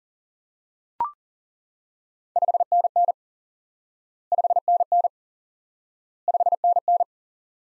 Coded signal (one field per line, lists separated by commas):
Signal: Morse code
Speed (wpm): 40 wpm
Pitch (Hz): 700 Hz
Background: none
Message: 5NN 5NN 5NN